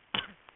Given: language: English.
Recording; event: throat vibration sensor signal played as sound; cough